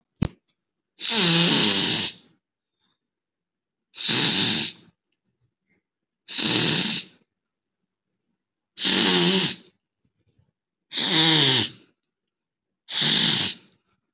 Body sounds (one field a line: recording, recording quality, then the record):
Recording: deep breathing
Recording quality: excellent, no background noise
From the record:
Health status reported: healthy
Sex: male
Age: 32 years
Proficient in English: yes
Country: India